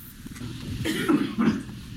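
An adult man strains hoarsely to cough: an acted cough during a hospital drill in Reynosa simulating the arrival of a coronavirus patient, with the man playing a patient who feels ill and has a headache.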